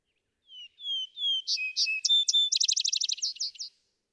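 Vesper sparrow singing: a few drawn-out whistles, a series of higher clipped notes, then a rapid jingling trill that slows at the end.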